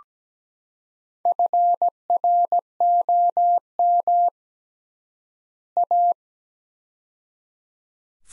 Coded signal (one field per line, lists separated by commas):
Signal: Morse code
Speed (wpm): 17 wpm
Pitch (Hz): 700 Hz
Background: none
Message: FROM A